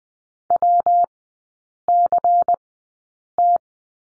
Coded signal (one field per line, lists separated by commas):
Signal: Morse code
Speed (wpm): 20 wpm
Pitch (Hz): 700 Hz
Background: none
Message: WCT